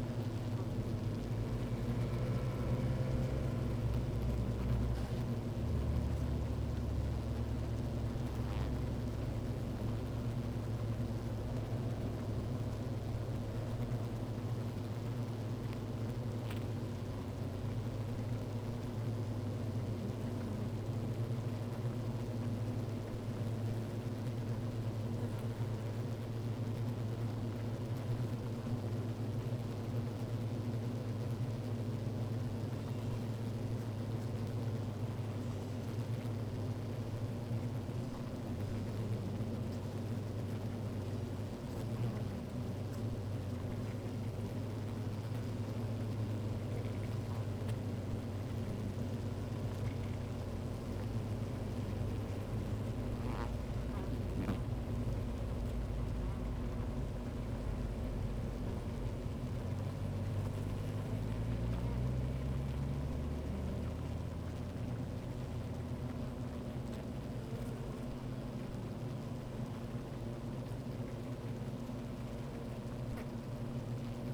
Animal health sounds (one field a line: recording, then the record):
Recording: honeybee colony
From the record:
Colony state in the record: active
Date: 28 July 2017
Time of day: 12:57